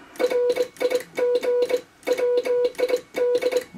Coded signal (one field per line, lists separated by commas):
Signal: Morse code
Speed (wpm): 24 wpm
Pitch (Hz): 500 Hz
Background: none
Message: RIG WID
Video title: Homebrew QRP Valve Transceiver For 80m